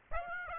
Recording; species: mosquito wingbeat signal from an infrared sensor; Aedes aegypti